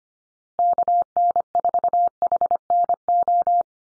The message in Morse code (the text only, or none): KN4HNO